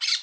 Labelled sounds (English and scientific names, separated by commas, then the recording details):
Brown-throated Parakeet (Eupsittula pertinax) contact call
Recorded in Curacao
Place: Hoffi Jan Thiel
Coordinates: 12.094, -68.877